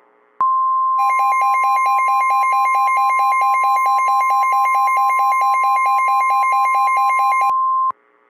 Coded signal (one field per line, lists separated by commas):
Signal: Emergency Alert System (SAME) tones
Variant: 1050 Hz attention tone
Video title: "MIDWEST MADNESS" - An EAS Scenario